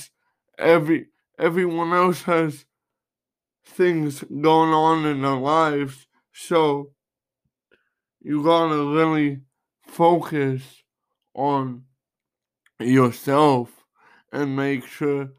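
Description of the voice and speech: An adult man with cerebral palsy speaks slowly in short bursts broken by long pauses, with a restarted opening phrase and fairly flat pitch. This slow, effortful, choppy phrasing is consistent with dysarthria.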